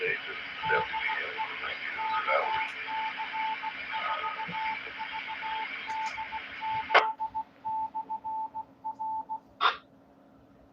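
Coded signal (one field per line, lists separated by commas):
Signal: Morse code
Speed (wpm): 16 wpm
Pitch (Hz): 880 Hz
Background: speech, radio noise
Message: DE KC4VDZ/R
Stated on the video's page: Live UHF ragchew net.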